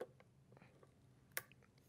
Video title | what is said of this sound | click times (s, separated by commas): Blackmagic Production Camera 4k REVIEW and HANDS ON | and click into place | 1.4 s